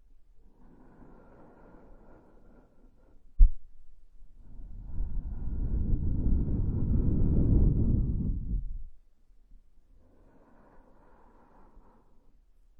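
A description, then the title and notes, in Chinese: Wind blows past the ear in low rumbling gusts, with a sharp bump near 3.5 seconds and a strong swelling gust from 4.5 to 9 seconds. 有风吹过你的耳边。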